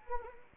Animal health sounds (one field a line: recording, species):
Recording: mosquito wingbeat signal from an infrared sensor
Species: Anopheles arabiensis